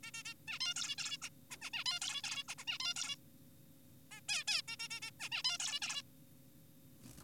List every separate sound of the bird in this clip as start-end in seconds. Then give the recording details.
0.03-0.11, 0.14-0.23, 0.25-0.34, 0.48-0.59, 0.61-0.74, 0.76-0.95, 0.98-1.17, 1.22-1.29, 1.51-1.57, 1.62-1.70, 1.73-1.84, 1.86-1.99, 2.02-2.22, 2.24-2.44, 2.49-2.55, 2.58-2.65, 2.68-2.78, 2.80-2.94, 2.96-3.16, 4.11-4.21, 4.29-4.44, 4.48-4.62, 4.68-4.77, 4.79-4.88, 4.91-5.00, 5.02-5.11, 5.20-5.29, 5.32-5.43, 5.45-5.58, 5.60-5.80, 5.82-6.03. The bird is an adult. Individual g4p5U